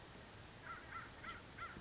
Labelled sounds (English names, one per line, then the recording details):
American Crow
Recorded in Sonoma County, California